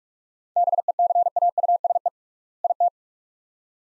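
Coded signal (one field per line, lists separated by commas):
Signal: Morse code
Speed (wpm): 43 wpm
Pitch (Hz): 700 Hz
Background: none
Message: BECAUSE IT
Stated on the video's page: Morse practice drill at 45 wpm, sets of two words with 3x word spacing, a word-based method analogous to Farnsworth.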